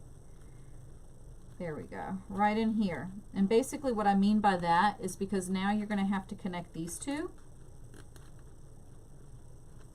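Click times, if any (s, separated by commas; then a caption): none. Someone talks from about 1.6 to 7.3 s while trying to connect two plastic connector pieces on a wreath frame, fitting a plastic connector piece into the wreath frame connector. Only a couple of faint taps are heard near 8.0 and 8.2 s. Nothing has seated or clicked yet, because the piece is backwards.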